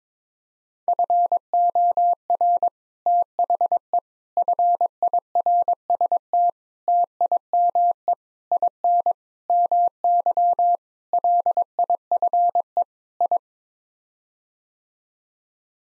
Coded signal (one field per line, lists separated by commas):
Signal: Morse code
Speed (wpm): 21 wpm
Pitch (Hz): 700 Hz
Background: none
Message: FOR THE FIRST TIME IN MY LIFE I